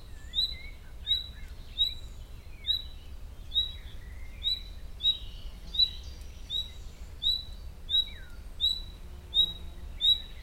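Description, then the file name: Common nightingale giving sharp upslurred whistles repeated roughly every three-quarters of a second, with softer chirps in between and low background hum. "Luscinia megarhynchos"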